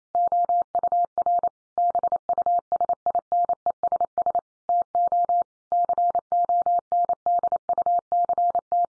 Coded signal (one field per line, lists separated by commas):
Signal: Morse code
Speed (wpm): 28 wpm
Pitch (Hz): 700 Hz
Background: none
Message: OUR BUSINESS TO CONDUCT